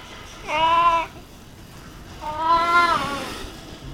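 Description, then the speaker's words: Clouded leopard giving two plaintive mews, each lasting under a second, over a soft steady hiss. Threatened by illegal animal trade; fewer than 10,000 remain in the wild. "And hear the sounds of the mainland clouded leopard."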